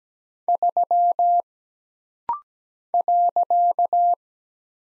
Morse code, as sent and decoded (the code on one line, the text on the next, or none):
...-- / .-.-.-
3 .